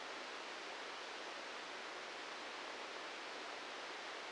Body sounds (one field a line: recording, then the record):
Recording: brain microelectrode recording played as sound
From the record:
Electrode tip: outside the subthalamic nucleus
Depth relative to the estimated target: 0 mm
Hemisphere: right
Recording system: NeuroSet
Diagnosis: Parkinson's disease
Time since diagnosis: 13 years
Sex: male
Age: 65 years